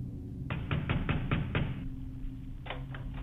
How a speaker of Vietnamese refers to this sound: Không có lời đáp, chỉ là những tiếng gõ. Lần này thì mạnh cứ như là người ta đập cửa nhà mình.